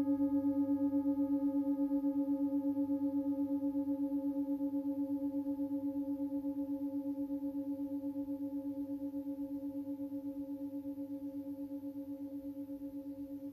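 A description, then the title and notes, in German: A singing bowl rings out in a long, steady tone that slowly fades over the whole stretch. A low fundamental and a few higher overtones hold constant, with a gentle regular wobble in loudness. No other sounds intrude; the ring is clear. Anschlag einer Peter Hess Universal-Klangschale.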